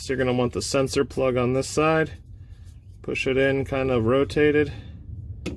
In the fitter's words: until it pops in